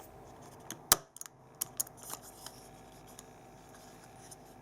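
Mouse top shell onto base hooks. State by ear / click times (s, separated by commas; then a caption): seated / 0.9 s, 1.6 s. The plastic front of a 2013 R.A.T. 9 gaming mouse top shell is pressed down hard onto its base during reassembly so it snaps onto the two hooks underneath. Two sharp plastic clicks ring out at 0.9 s and 1.6 s, one for each hook, among a few fainter ticks and rubbing sounds. The shell is seated.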